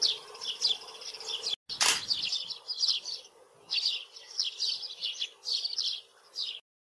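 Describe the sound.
Eurasian tree sparrow giving bright, clipped chirps in short bursts, pausing between groups, with a brief sharp crack early on.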